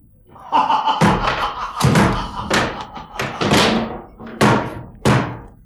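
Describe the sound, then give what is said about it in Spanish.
Loud, heavy knocks pound on a door in an uneven series, about a dozen sharp thuds with brief gaps between them, some clustered together, with no voices. “Alguien llama.”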